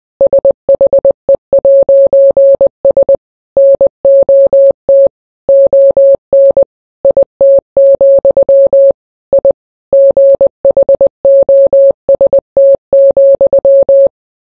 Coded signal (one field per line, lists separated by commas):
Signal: Morse code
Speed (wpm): 20 wpm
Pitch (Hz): 550 Hz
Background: none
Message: SHE'S NOT ON IT, I GHOST,